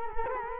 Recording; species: mosquito wingbeat signal from an infrared sensor; Culex quinquefasciatus